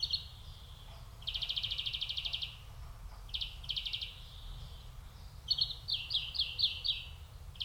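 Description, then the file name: European greenfinch producing rapid, rattling trills of varying length, broken by short pauses, with a quick series of chirpy notes near the end. "Chloris chloris"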